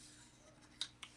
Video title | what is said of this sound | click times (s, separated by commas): AR15 - How to Disassemble/Reassemble for cleaning | I usually put it in there and then slide it back and it'll click into place | 0.8 s